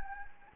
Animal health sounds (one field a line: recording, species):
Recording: mosquito wingbeat signal from an infrared sensor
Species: Anopheles gambiae